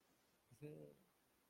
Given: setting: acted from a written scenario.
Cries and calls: vocal sound without words; shame

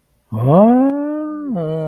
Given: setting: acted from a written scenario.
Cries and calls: vocal sound without words; realization

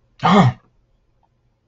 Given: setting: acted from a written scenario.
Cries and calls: vocal sound without words; distress

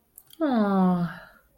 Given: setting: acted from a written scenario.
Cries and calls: vocal sound without words; sympathy

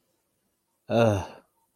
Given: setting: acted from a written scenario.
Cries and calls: vocal sound without words; guilt

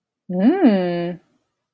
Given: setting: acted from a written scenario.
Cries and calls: vocal sound without words; desire

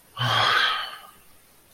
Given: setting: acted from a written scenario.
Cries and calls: vocal sound without words; shame

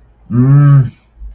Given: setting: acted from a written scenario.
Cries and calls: vocal sound without words; anger

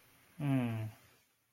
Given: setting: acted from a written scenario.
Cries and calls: vocal sound without words; neutral

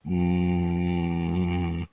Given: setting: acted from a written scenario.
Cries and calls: vocal sound without words; neutral

